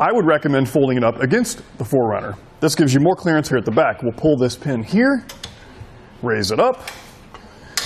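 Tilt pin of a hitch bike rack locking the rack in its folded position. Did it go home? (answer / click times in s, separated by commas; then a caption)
yes / 7.8 s. Someone talks while the pin is pulled on a Hollywood Racks Sport Rider SE hitch bike rack for 4 fat bikes on a 2012 Toyota 4Runner, and the rack is raised to fold up against the vehicle for more clearance at the back. The spring tilt pin in the metal pivot snaps into place with a sharp click at 7.8 s, locking the rack in its folded, stowed position.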